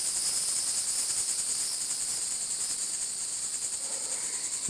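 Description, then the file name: Insect call, continuous shrill pulsing buzz held high and steady. Recorded at Fort Matanzas. "insect noise at ft matanzas"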